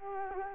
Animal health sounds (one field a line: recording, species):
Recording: mosquito wingbeat signal from an infrared sensor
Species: Culex quinquefasciatus